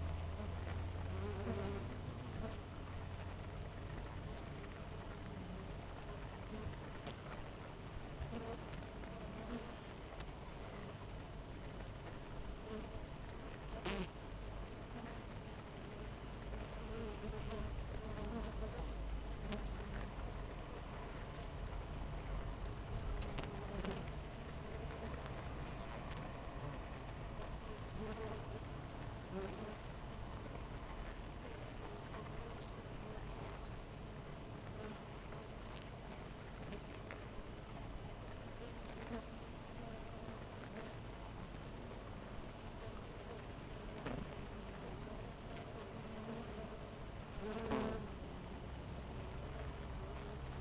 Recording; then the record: honeybee colony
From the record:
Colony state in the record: missing queen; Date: 14 July 2017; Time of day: 6:33